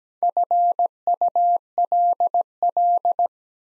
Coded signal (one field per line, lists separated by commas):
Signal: Morse code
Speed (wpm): 17 wpm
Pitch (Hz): 700 Hz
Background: none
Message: FULL